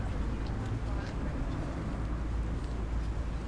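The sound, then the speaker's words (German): A distant helicopter drones as a steady, low rumble, its deep engine hum continuous and even in loudness throughout, with faint higher hiss and scattered light sounds above it. “Ja, jetzt hat man einen Hubschrauber, glaube ich, irgendwo in der Ferne.”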